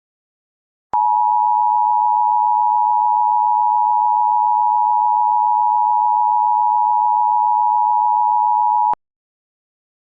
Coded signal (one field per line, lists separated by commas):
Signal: Emergency Alert System (SAME) tones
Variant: 853 and 960 Hz attention tone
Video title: EAS Recreation: The Weirdest Tornado of 2010